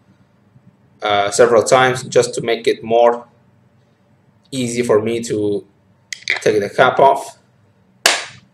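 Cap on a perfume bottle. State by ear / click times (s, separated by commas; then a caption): not seated / none. Someone talks, then puts the cap back onto a Zara Ganache Tonka perfume bottle, making a single sharp knock at about 8.1 s. The cap does not click into place because it has loosened from being taken on and off so many times, and nothing has clicked.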